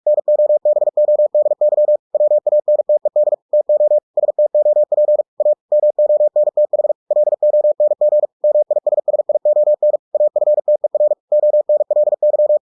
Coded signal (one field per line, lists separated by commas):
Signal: Morse code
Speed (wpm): 46 wpm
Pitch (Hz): 600 Hz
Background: none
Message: NOBODY WANTED TO STOP A MONTH LONG MISSION AFTER ONLY